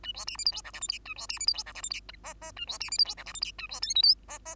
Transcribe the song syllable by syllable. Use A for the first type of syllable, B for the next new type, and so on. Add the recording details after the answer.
A B C D E F G H I J A B C D E F G H I J K K A B C D E F G H I J A B L M N K K. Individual Bird2